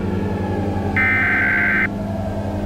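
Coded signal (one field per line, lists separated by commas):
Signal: Emergency Alert System (SAME) tones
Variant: header bursts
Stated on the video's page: Simulated EAS scenario about a solar eclipse.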